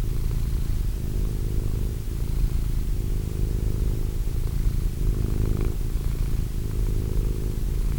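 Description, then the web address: Cat purr, a continuous low throbbing drone rising and falling with each breath. Cat named Wilson. "~pelikas CATSOUNDS Wilson Cat"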